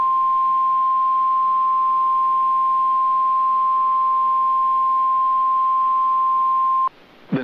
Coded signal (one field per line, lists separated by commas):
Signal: Emergency Alert System (SAME) tones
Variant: 1050 Hz attention tone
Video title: (EAS #18) Severe Thunderstorm Warning (4/16/2024)